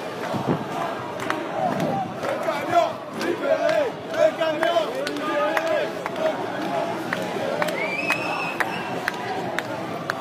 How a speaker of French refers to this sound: Alors les gens chantent « Libérez le camion », on va aller les écouter un peu.